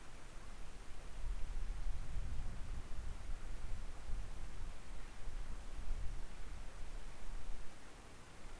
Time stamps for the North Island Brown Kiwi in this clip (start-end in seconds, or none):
none